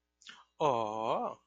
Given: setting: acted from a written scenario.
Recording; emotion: vocal sound without words; positive surprise